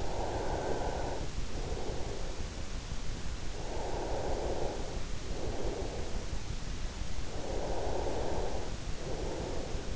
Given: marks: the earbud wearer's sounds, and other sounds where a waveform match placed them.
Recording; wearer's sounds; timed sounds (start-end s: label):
sounds in sleep by an in-ear microphone; breath
0.00-2.42 s: breath
3.60-5.96 s: breath
7.38-9.53 s: breath